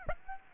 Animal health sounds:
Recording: mosquito wingbeat signal from an infrared sensor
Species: Aedes aegypti

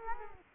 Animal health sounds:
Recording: mosquito wingbeat signal from an infrared sensor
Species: Culex quinquefasciatus

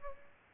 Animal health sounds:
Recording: mosquito wingbeat signal from an infrared sensor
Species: Aedes albopictus

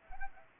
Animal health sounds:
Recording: mosquito wingbeat signal from an infrared sensor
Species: Anopheles arabiensis

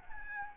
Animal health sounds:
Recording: mosquito wingbeat signal from an infrared sensor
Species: Aedes albopictus

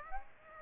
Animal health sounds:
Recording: mosquito wingbeat signal from an infrared sensor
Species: Aedes aegypti

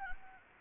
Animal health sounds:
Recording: mosquito wingbeat signal from an infrared sensor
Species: Anopheles gambiae

